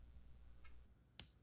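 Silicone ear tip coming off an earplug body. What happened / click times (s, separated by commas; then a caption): A small soft tip popped free of its mount / 1.2 s. A soft silicone ear tip is gently pulled free from the plastic loop of a Loop Switch 2 earplug to swap sizes. After low background noise and a faint brief rustle around 0.6 s, a single sharp click sounds at 1.2 s as the tip comes off, and the earplug tip is released.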